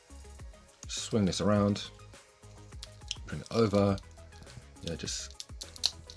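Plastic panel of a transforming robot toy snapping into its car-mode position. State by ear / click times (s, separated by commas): seated / 5.9 s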